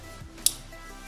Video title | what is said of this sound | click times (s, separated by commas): DODGE DEMON OIL CATCH CAN INSTALL! | Boom, I heard that snap. | 0.5 s